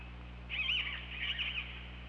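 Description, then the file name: Orca call, a bright wavering sound in two parts over about a second, over low steady hum. Recorded on an OrcaLab hydrophone, 24 August 2017 at 21:12:22. "Orca Lab UTLN JASON 20170824 211222"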